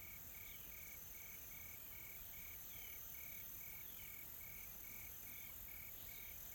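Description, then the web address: Insect chorus, a steady train of evenly spaced pulsed chirps over a dense high-pitched drone, calm and unchanging throughout. Soft, calm insect ambience in a tropical forest in South Africa. "Sonniss - Smart Sound FX - Nature South Africa AMBIENCE Additional Tropical Forest Soft Insects Calm"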